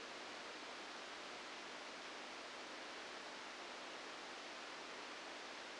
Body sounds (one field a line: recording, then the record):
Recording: brain microelectrode recording played as sound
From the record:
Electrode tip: outside the subthalamic nucleus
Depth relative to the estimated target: 1 mm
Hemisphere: left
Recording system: NeuroSet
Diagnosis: Parkinson's disease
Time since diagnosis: 9 years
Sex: female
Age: 51 years